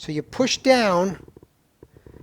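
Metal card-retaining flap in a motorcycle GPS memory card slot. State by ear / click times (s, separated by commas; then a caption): seated / 1.8 s. Someone talks, then presses down the small metal retaining flap over the memory card in the card slot of a Garmin Zumo XT motorcycle GPS. A faint, sharp click is heard at 1.8 s as the flap snaps into place, holding the card seated.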